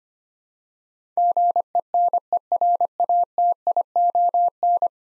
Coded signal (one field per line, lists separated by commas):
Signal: Morse code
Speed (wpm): 25 wpm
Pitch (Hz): 700 Hz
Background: none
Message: GENERATION